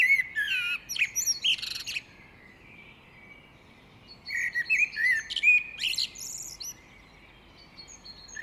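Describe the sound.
Great tit calling in two bursts of chirpy, scratchy notes and quick upslurs, separated by about two seconds of quiet, with a short note at the close.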